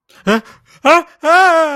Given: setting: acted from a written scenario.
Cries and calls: vocal sound without words; fear

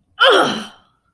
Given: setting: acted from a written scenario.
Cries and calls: vocal sound without words; triumph

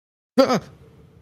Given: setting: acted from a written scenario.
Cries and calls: vocal sound without words; negative surprise

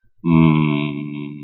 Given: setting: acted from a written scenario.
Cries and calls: vocal sound without words; sadness

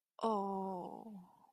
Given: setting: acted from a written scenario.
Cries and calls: vocal sound without words; shame

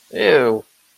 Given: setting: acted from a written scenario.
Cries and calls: vocal sound without words; disgust

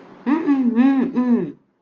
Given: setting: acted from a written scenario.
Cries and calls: vocal sound without words; realization

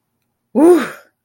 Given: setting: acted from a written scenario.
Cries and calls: vocal sound without words; relief

